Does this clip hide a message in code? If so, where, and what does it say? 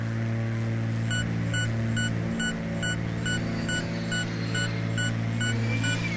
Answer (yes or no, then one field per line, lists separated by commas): no